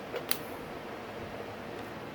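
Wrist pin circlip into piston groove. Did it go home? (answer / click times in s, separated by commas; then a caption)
yes / 0.3 s. A steel wrist-pin circlip is pressed with a Tusk tool into the piston's wrist-pin groove during a top-end rebuild of a 2019–2022 Yamaha YZ450F motorcycle engine. Against a steady low background hum, a single sharp metallic snap is heard at 0.3 s as the circlip seats in its groove.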